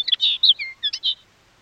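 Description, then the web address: Common linnet song, a quick twittering phrase of bright chirps and short slurred notes lasting about a second, then quiet. More than one linnet, singing. "Sound Effects-BBC Linnets"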